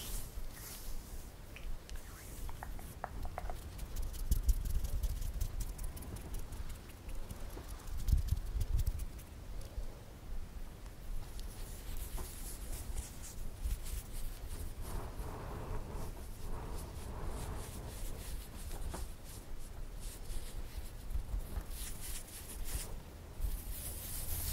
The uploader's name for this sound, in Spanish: Masaje Capilar - peinando y rascando el pelo